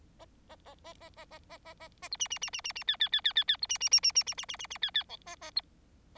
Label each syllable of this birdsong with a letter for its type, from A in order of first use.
A A A A A A A A A A A B C C C C C C D D D D D D B C C C C C C C C C C D D E A A B